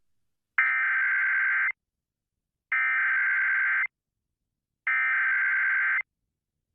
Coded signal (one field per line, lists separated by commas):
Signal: Emergency Alert System (SAME) tones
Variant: header bursts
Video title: [EAS #1450] Child Abduction Emergency (AMBER Alert) for Southern California [Found Safe]